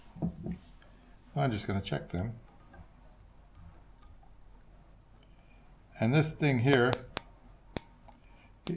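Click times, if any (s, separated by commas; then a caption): 7.8 s, 8.7 s. A micrometer's ratchet thimble is closed on a main bearing journal of the crankshaft of a 1976 BMW 2002, with main bearings specified at 55 mm. Someone talks, and the ratchet slips with small sharp clicks at 7.8 s and 8.7 s once the set measuring force is reached. The journal reads 54.953 mm.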